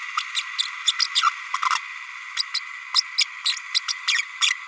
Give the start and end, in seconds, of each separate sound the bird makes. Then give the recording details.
0.35-0.41, 0.58-0.62, 0.86-0.92, 1.21-1.30, 2.37-2.42, 2.54-2.59, 2.94-3.01, 3.18-3.24, 3.45-3.56, 3.88-3.93, 4.07-4.22, 4.41-4.51. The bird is a female. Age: 31 days. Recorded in a nest box in Venezuela. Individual 17B32A7